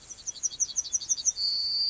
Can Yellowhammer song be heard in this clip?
yes